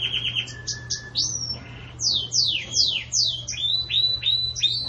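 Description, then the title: Belgian canary song, quick trills and whistles followed by a run of loud descending slurred notes and rising chirps, with a low hum behind. Belgian canary singing the 'campainha' (bell) song style, for tutoring young chicks. "Belíssimo Canto Do Canário Belga Campainha Para Encarte De Filhotes"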